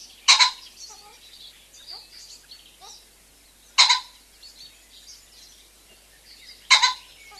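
Common pheasant sounds three sharp, rasping double crows roughly every three seconds, while other birds chirp and warble quietly behind.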